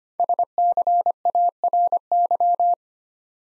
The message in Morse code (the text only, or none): SCARY